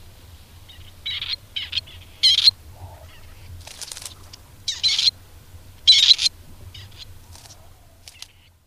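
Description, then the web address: Grey partridge uttering a series of loud, creaky, rasping calls in irregular bursts, some doubled, with a steady low hum underneath. "agykontroll Madardalok Cd 2. Fogoly"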